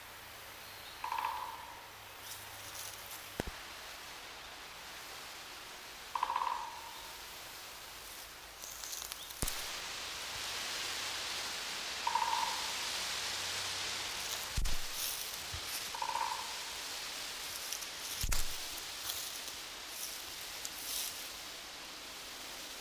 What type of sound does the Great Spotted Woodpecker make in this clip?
drumming